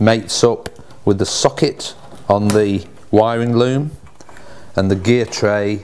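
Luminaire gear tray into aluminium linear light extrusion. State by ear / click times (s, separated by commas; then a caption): not seated / none. A second luminaire gear tray is handled as its plug is mated with the socket on the wiring loom, ready to be pushed into an aluminium linear light extrusion. Someone talks throughout, with a few faint ticks between the words. Nothing has seated or clicked yet.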